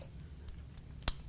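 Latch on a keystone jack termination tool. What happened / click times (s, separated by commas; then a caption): The small tool latch snapped into its holder / 1.1 s. The small latch on a keystone jack termination tool is pushed back into its slot so it won't stop the tool from closing. Faint ticks come first, then a sharp click at 1.0 s. The latch snaps into place in its holder.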